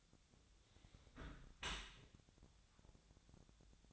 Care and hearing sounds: daily activity, microphone in the room; close dishwasher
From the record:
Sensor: 3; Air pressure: 1006.8 hPa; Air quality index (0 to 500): 207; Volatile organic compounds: 19 ppm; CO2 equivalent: 2646 ppm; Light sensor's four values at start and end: 11/26/11/11 and 11/26/11/11

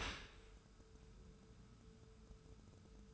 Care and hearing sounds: daily activity, microphone in the room; open dishwasher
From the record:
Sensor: 2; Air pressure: 1014.8 hPa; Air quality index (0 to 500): 25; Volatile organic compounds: 0 ppm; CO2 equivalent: 500 ppm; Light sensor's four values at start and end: 10/23/9/10 and 10/23/9/10

